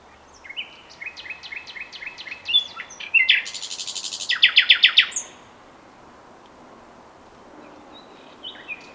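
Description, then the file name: Common nightingale song: a run of repeated whistled notes, then loud rattling buzz and a fast pulsed trill, followed by quiet hiss and a few soft notes. "Luscinia megarhynchos"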